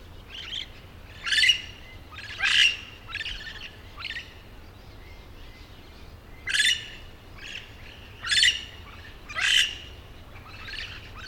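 Yellow-shouldered parrot calls, sharp harsh squawks at irregular intervals with softer chatter between.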